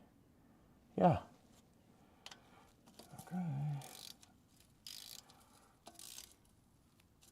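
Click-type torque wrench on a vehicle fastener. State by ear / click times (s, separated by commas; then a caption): torque reached / 4.9 s. A new click-type torque wrench is pulled on a fastener on a car until it breaks over at its set torque, with a barely audible click at 4.9 s. It is much quieter than other torque wrenches. Someone talks briefly, and a few other faint ratcheting and handling clicks are heard around it.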